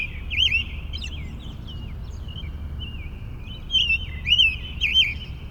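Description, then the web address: Birds in a morning chorus: several high chirps and warbled phrases, louder bursts near the end, over a steady low rumble of background noise. Morning chorus in a suburban park. "boom library Urban and Suburban. Suburban park morning bird chorus"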